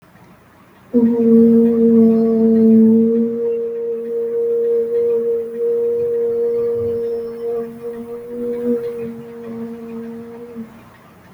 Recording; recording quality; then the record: sustained vowel as in boot; excellent, no background noise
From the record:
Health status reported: healthy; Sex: female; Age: 20 years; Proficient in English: yes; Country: India